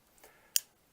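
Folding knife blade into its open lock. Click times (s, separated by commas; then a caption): 0.6 s. A SOG Flare folding knife blade is opened again. Faint soft ticks around 0.2 s lead to one sharp, bright click at 0.6 s as the assist spring engages. The blade snaps open and seats into its open lock.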